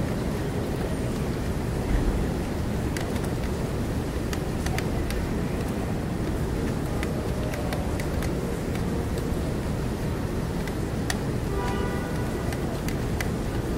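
Steady, dense city rain hisses over a constant low traffic rumble, with scattered sharp clicks and a brief tonal whine near the end.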